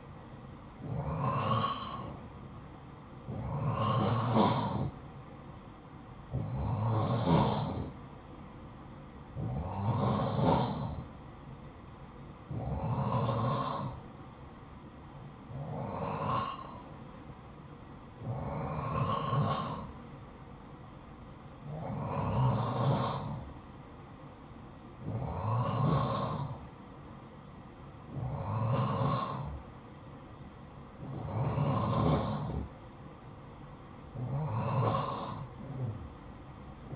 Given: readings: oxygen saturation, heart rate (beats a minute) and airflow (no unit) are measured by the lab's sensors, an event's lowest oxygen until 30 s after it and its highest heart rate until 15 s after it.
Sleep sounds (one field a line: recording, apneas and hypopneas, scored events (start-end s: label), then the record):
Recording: breathing in sleep by a smartphone at the bedside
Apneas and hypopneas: none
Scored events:
none scored
From the record:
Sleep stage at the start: N2 (light sleep)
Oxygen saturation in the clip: 87 to 90%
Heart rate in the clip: 54 to 61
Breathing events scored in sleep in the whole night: 573 in 9.8 hours asleep